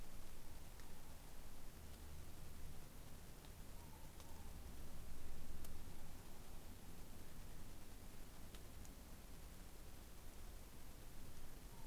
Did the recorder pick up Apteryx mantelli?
no